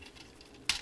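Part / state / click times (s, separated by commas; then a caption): plastic toy part clipping into the toy's turret / seated / 0.7 s. A plastic piece is clipped into the turret of a Transformers Combiner Wars Hot Spot transforming toy so that it holds very well. After a quiet stretch with faint low noise, a sharp bright click sounds at 0.7 s, and the piece is seated in the turret.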